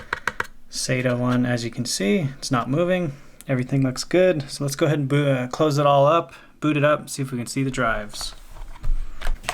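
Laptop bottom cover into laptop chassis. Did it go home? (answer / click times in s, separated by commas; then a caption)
yes / 9.2 s, 9.5 s. Someone talks while short sharp ticks sound at the start; then the plastic bottom cover of an Acer Nitro 5 gaming laptop is pressed back onto the chassis after SSDs are installed. Its clips snap into place with clicks at 9.2 s and 9.5 s, and the cover is seated.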